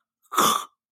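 An adult imitating the sound of sleep apnea during sleep: a single brief, harsh, noisy burst of breath lasting under half a second.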